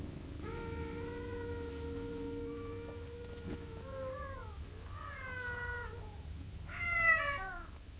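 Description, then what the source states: Cat giving a long, level meow that falls at its end, followed by a shorter falling meow and a brighter final one, over a low steady hum. Cat gently meowing at long intervals.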